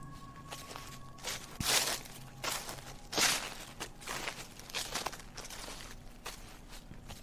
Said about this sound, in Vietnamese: Mỗi một bước chân dẫm lên đám lá cây làm cho tôi giận cả người. Là tiếng bước chân của tôi hay là tiếng bước chân của một ai khác ngay đằng sau?